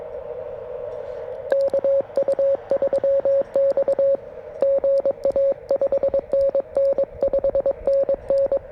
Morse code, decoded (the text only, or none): KU3X GA 5NN 5NN